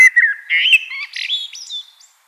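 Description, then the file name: Common blackbird song fragment, a full warbling whistle rising into thin, scratchy high twittering notes before fading out. "Turdus merula"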